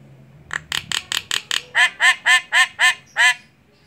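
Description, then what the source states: Javan myna song of fast harsh notes, slowing into a series of loud repeated squawks. Javan myna singing, described with the local term ngoceh.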